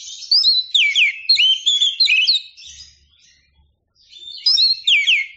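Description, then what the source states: Oriental magpie-robin delivering rapid sweeping whistles and chattering notes, then a brief lull before another bright phrase. Champion singing bird.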